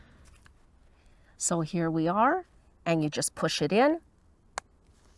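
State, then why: Seated. A barbed drip fitting is pushed into a punched hole in plastic drip irrigation tubing while someone talks. After the speech, one sharp click at 4.6 s marks the fitting popping in and seating.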